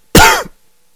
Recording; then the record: coughing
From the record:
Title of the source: Coughing 51